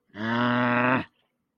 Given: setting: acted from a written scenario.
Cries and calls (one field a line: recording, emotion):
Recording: vocal sound without words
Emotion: anger